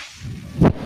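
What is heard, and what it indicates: A single short, airy whoosh rises and fades within about a tenth of a second over a quiet, low background hum. It is one breath delivered by a home mechanical ventilator.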